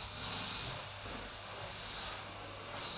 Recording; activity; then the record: daily activity, microphone in the room; vacuum cleaning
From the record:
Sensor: 2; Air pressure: 991.7 hPa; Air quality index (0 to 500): 203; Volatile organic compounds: 1000 ppm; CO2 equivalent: 6707 ppm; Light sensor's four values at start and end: 26/82/32/30 and 26/82/32/30